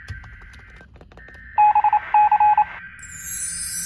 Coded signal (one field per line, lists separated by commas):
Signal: Morse code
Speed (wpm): 27 wpm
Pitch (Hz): 840 Hz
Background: none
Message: BC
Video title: Tornado drills, and sirens that don't go off. (3/7/23 - 3/8/23) (EAS #508 - 521)